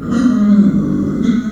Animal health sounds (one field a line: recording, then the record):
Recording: squeal of a Yucatan mini pig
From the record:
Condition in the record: after surgery on the right vocal fold (resection and tissue-engineered implant)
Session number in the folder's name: 6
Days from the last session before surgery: 40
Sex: female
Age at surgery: 19 weeks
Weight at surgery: 25 kg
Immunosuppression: prednisolone